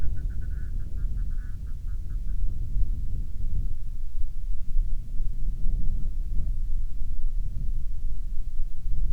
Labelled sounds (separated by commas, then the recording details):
waterfowl, wind
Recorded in the Arctic National Wildlife Refuge, Alaska, on 6 August 2019 at 07:43
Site 49